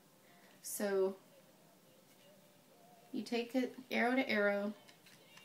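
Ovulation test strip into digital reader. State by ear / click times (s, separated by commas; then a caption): not seated / none. An ovulation test strip is lined up arrow to arrow with a Clearblue Easy Digital plastic reader while someone talks. Nothing has seated or clicked yet; the strip is handled but not pushed home into the reader.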